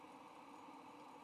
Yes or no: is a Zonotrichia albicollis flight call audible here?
no